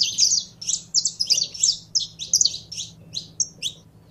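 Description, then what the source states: Canary delivering a loud, rich burst of fast warbling trills that tapers into separate high chirps, over a low hum. Song of a purebred Belgian canary.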